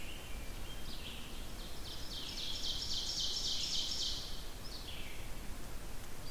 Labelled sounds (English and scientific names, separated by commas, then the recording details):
Ovenbird (Seiurus aurocapilla) song
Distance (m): 65 m
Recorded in boreal forest in Alberta, Canada, on 14 June 2016 at 06:27
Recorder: SongMeter 3, array SBT-3-33
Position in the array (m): 126 m, 36 m
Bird 21